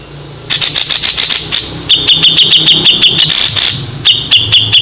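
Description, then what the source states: Grey-cheeked bulbul song: a rapid run of shrill repeated notes, changing pitch slightly partway through. Masteran song used to train other birds.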